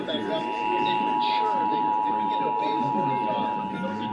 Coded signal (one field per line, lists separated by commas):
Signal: Emergency Alert System (SAME) tones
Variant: 853 and 960 Hz attention tone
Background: speech